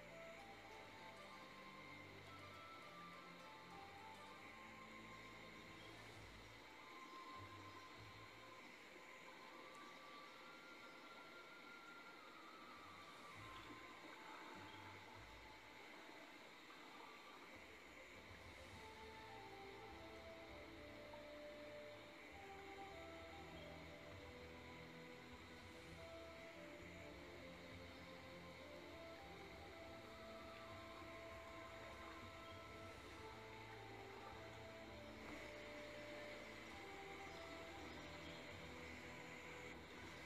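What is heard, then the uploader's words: A boat motors steadily through the rainforest, its engine a constant low drone with a rattling, rumbling texture throughout. A bright, steady whine sits high above it, and a few faint ticks and clicks come and go over the even, unchanging loudness. Pov: you're on a boat ride through the rainforest. Water.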